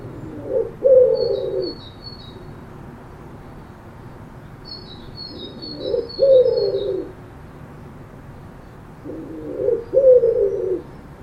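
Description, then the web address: Bird repeating a low hollow coo three times, each a short note then a longer one, while small birds twitter faintly in quick high bursts. "cianscape birddata Deverinetal 2025 File origin Bird Only Co Pa"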